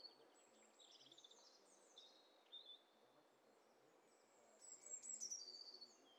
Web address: Hi Fi STEREO BIRD COCKTAIL PARTY Challenge